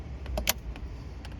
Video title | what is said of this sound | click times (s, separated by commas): How To Install A Oil Catch Can On A 2018 F150 5.0 - Step By Step Tutorial | here the click | 0.5 s